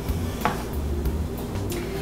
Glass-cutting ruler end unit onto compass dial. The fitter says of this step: so this snaps into place and this snaps into place